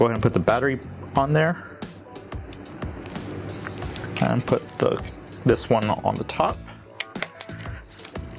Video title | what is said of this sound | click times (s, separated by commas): 📱 Samsung Galaxy A03s Screen Replacement Tutorial (SM-A037U) | You heard those little clicks. It's pretty much putting in there correctly to hold it. | 7.0 s, 7.2 s, 7.4 s